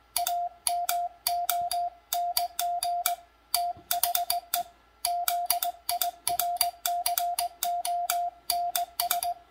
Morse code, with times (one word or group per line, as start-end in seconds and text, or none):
0.2-3.1 AMONG
3.6-4.6 THE
5.1-9.3 ZIRCONS